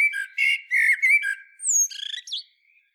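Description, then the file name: Common blackbird singing: rich whistled notes, a high descending squeal, then a quick rattle of chirps and a twisting final note. "Turdus merula"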